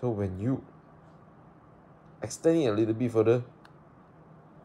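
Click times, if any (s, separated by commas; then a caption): 3.7 s. Someone talks while pushing the plastic lid of a Sony WF-1000XM4 wireless earbud charging case open a little further. At 3.7 s the hinge detent gives a short, sharp click, and the lid seats into its open position, where it stays open and is no longer easy to close.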